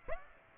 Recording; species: mosquito wingbeat signal from an infrared sensor; Aedes aegypti